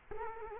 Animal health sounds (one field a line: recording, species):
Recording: mosquito wingbeat signal from an infrared sensor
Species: Culex quinquefasciatus